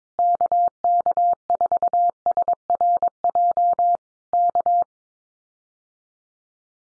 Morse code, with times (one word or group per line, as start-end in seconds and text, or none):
0.2-4.0 KK4SRJ
4.3-4.8 K